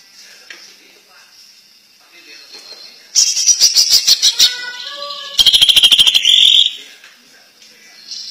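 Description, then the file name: Greater green leafbird song: soft twittering, then two loud rapid trilled bursts, the second ending in a sustained buzzy note, with brief pure whistles between them. Champion (juara) competition bird. "kicau cucak ijo juara"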